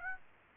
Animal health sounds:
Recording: mosquito wingbeat signal from an infrared sensor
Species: Aedes aegypti

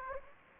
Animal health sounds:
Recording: mosquito wingbeat signal from an infrared sensor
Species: Anopheles gambiae

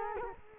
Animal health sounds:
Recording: mosquito wingbeat signal from an infrared sensor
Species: Culex quinquefasciatus

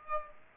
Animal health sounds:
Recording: mosquito wingbeat signal from an infrared sensor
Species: Aedes aegypti

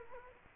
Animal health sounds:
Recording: mosquito wingbeat signal from an infrared sensor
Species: Culex quinquefasciatus

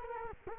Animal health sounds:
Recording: mosquito wingbeat signal from an infrared sensor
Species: Culex quinquefasciatus

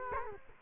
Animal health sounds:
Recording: mosquito wingbeat signal from an infrared sensor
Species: Culex quinquefasciatus

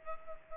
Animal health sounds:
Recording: mosquito wingbeat signal from an infrared sensor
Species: Culex pipiens

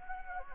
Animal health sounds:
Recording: mosquito wingbeat signal from an infrared sensor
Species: Anopheles gambiae

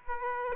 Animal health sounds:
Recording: mosquito wingbeat signal from an infrared sensor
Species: Aedes aegypti

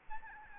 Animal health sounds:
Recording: mosquito wingbeat signal from an infrared sensor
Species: Aedes albopictus

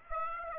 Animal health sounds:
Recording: mosquito wingbeat signal from an infrared sensor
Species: Aedes aegypti

